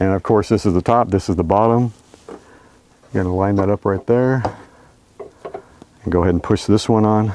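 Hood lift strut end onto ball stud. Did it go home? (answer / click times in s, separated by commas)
yes / 5.5 s, 5.6 s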